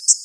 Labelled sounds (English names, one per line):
Common Yellowthroat flight call